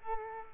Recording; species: mosquito wingbeat signal from an infrared sensor; Culex quinquefasciatus